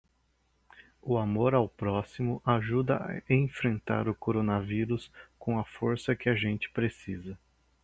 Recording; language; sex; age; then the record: spoken sentence; Brazilian Portuguese; male; 40 to 49 years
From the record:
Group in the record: control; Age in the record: 42 years